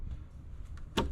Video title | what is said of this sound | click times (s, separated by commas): 2021 Ford Bronco Soft Top Tips | click it into place | 1.0 s